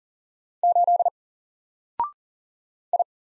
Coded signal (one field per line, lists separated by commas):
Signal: Morse code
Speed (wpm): 40 wpm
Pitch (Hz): 700 Hz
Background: none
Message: 8 I